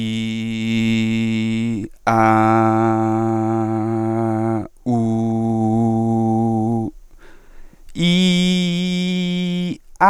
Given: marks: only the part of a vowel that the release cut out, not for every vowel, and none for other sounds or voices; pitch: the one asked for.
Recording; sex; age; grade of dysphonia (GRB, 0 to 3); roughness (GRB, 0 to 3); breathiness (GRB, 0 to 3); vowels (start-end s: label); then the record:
sustained vowels; male; 20 to 29 years; 0; 0; 0
0.00-1.65 s: vowel /i/, normal pitch
2.44-4.42 s: vowel /a/, normal pitch
5.09-6.68 s: vowel /u/, normal pitch
8.18-9.61 s: vowel /i/, high pitch
From the record:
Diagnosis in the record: healthy voice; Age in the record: 25 years